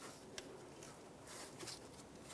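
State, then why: Seated. The plastic electrical connector of an ABS wheel-speed sensor on the rear wheel hub of a 2012-2020 Ford Focus is plugged by hand into its harness socket. A short, sharp click sounds at 0.4 s over a quiet background with faint shuffling. The connector latches and is seated.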